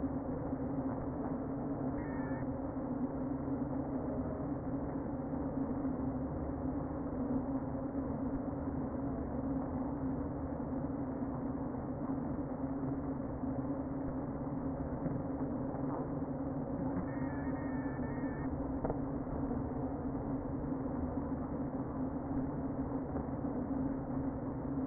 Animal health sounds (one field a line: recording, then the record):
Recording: honeybee colony, microphone inside the hive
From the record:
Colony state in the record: queen present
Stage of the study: before two queens were removed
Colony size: about 60,000 bees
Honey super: yes